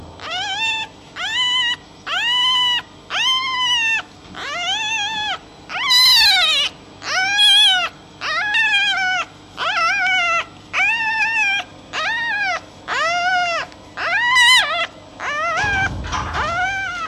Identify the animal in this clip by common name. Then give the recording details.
Red Fox. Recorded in captivity. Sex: diverse. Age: diverse. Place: Zoologisches Institut der HUB, Berlin, DE. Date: 1956-04-26 13:40. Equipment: Elmetra. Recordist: Tembrock, Günter